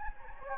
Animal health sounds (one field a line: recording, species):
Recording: mosquito wingbeat signal from an infrared sensor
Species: Anopheles gambiae